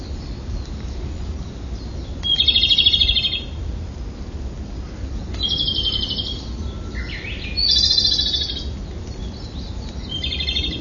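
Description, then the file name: Japanese robin singing short, high, fast trilled phrases a few seconds apart, four in all, the last cut off at the end, over a constant low rumble. "komadori"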